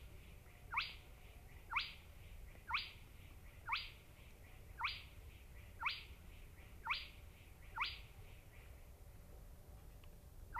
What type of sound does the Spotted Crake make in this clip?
song